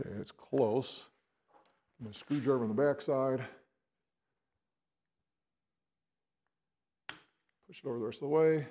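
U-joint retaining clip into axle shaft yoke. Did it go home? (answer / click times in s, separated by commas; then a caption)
yes / 7.1 s. A U-joint retaining clip on the back side of a Revolution Gear and Axle chromoly axle shaft yoke is pushed over the rest of the way while someone talks. A short, sharp hit sounds at 7.1 s as the clip locks into place, followed by more talking.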